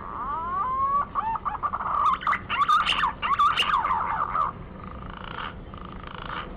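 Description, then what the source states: Green pigeon song opening with rising whistled glides, followed by a fast, wavering stream of warbled whistles, then quieter notes fading out. Lure call used to attract green pigeons.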